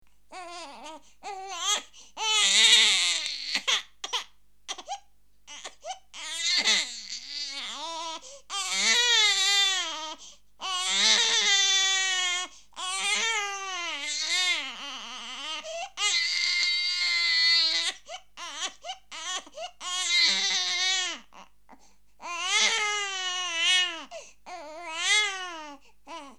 Angry baby crying sound effect.